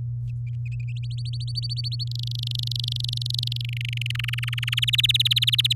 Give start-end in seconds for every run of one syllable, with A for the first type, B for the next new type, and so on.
1.03-2.04 A, 2.07-3.62 B, 3.65-4.11 C, 4.15-4.80 D, 4.82-5.73 E